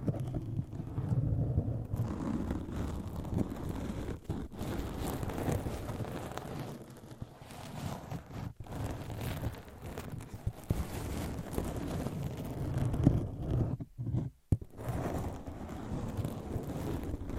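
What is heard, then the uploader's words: Microphones are scratched with nails and rubbed through covers, a dense, rough, continuous rumbling scrape with brief dropouts near eight and fourteen seconds. ASMR Mic Scratching Battle with 10 DIFFERENT MICS , Mic Covers & Nails No Talking.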